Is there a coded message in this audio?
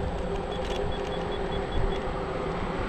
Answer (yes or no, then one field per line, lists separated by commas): no